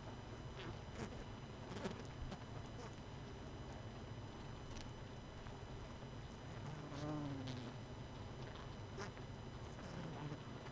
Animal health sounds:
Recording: honeybee colony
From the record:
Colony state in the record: missing queen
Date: 31 May 2018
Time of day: 19:45

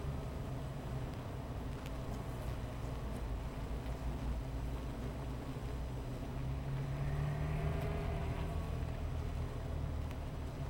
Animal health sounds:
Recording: honeybee colony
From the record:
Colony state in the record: missing queen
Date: 14 July 2017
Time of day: 15:50

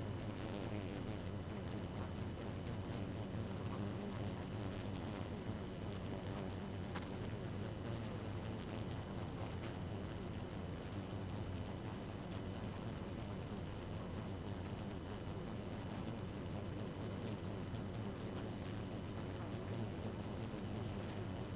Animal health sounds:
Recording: honeybee colony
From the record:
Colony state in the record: active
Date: 12 June 2018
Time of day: 1:19

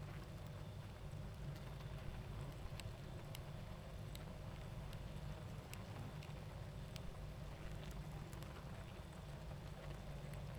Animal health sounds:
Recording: honeybee colony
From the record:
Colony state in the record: active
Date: 28 July 2017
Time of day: 21:40

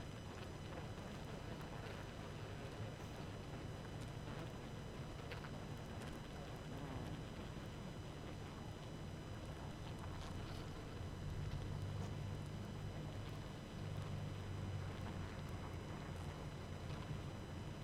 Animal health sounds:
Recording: honeybee colony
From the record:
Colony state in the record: active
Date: 12 June 2018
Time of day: 23:00

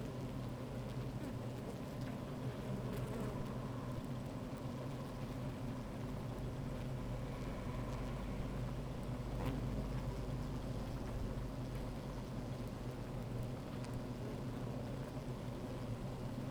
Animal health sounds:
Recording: honeybee colony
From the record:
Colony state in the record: active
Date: 28 July 2017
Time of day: 13:45

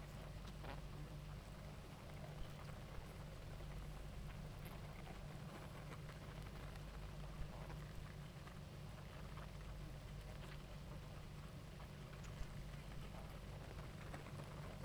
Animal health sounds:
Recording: honeybee colony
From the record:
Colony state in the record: active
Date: 28 July 2017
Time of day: 18:50

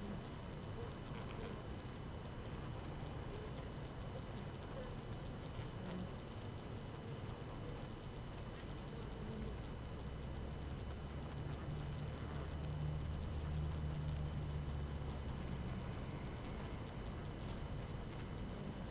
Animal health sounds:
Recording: honeybee colony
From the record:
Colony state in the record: active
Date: 12 June 2018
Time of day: 4:27

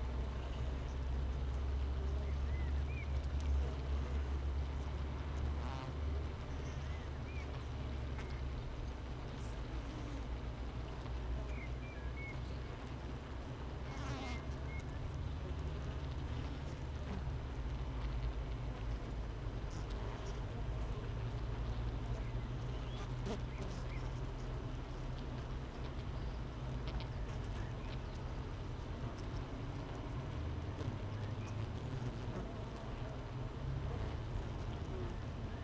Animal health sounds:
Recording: honeybee colony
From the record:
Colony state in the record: missing queen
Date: 31 May 2018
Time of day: 7:53

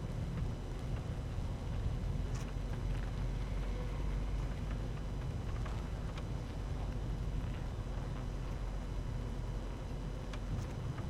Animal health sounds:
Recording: honeybee colony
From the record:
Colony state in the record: active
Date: 12 June 2018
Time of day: 12:46

